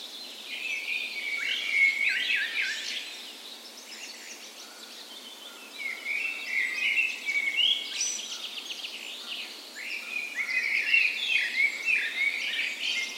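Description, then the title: Birds in full dawn chorus, bursts of warbling and chattering song from several birds, quieter around the middle, then building again. Spring dawn chorus recorded on the morning of 17 May, Norway's National Day, in a park west in Bergen, Norway; Sony PCM A10 recorder with LOM micro Usi microphones as tree ears. "17th Of May Dawn Chorus"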